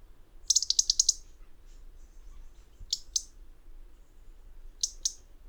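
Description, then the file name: European robin calls: a rapid run of about six dry ticks, then paired clicks near three seconds and again near five, with soft low background hum. "Erithacus rubecula"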